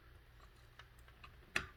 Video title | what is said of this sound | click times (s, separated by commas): Aorus Z390 Motherboard: Common Case and power connectors, front panel connectors | There you go. So you should hear a snap. | 1.6 s